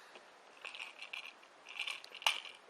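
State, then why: Seated. A plastic back section of a Transformers Generations IDW Trailcutter action figure is bent over into its locked position, with small crinkly plastic handling clicks and creaks beforehand. A sharp snap at 2.3 s marks the back panel clicking into place, and it is seated.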